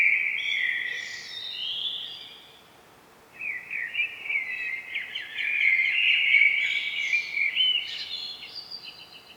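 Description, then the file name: Common blackbird song: a mellow warbled phrase, a short silence, then a long run of chuckling notes with squeaky high flourishes. "Turdus merula"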